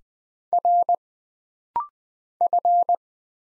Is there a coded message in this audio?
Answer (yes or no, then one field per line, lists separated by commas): yes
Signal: Morse code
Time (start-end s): 0.5-3.0 s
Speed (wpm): 20 wpm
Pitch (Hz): 700 Hz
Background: none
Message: R F